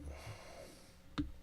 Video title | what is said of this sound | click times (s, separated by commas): Cut Away Millennium Falcon Fiber Optic Landing Lights (Live Steam Replay 02/16/25) | There we go. A little click there to hold it in place. | 1.2 s